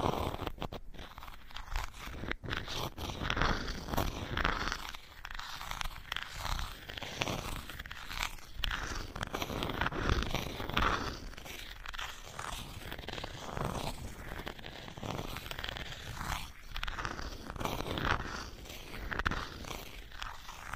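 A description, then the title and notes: Wood scraping in a continuous rough, grinding texture that rises and falls in uneven strokes, with a few sharp clicks near the start. This episode is Wood Scraping.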